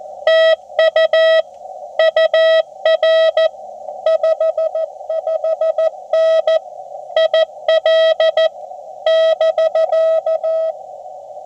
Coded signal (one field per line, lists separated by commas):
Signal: Morse code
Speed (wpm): 14 wpm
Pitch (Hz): 640 Hz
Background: none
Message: TU UR 55N IL <BK>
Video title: POTA - CW / SSB - Lake Norman, US-2740 & Changes to Mobile Install